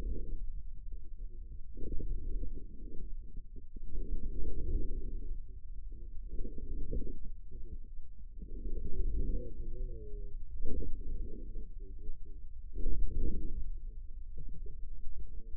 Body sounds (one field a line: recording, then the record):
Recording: forearm muscle sounds (acoustic myography)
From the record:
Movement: inward rotation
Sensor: system 2, bracelet of six BSWA MPA416 microphones around the upper forearm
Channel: 2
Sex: male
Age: 22 years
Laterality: right